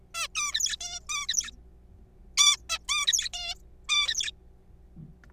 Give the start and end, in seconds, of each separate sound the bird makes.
0.15-0.28, 0.35-0.76, 0.81-1.00, 1.09-1.27, 1.29-1.51, 2.38-2.56, 2.69-2.78, 2.89-3.29, 3.33-3.54, 3.89-4.31